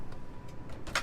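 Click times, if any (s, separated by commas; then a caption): 1.0 s. The refrigerator doors in a Fleetwood Tioga Class C RV are pushed closed until the door latch on the refrigerator cabinet catches. Over a low steady background rumble, a few faint taps lead to a sharp, bright latch click at about 1.0 s. The latch clicks shut and the doors are seated.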